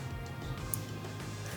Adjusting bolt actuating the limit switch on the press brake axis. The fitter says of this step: we to go up up up listen for a click there it is